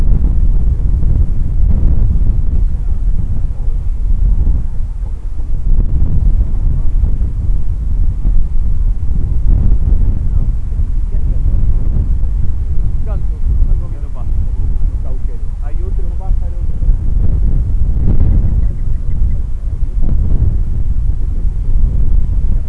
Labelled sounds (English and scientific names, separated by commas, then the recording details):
Gentoo Penguin (Pygoscelis papua)
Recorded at the colony at Isla Martillo, on 8 December 2015
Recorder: Song Meter SM2+